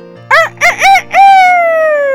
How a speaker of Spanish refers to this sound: Cuando la serpiente estaba a punto de morderlos, el gallo cantó.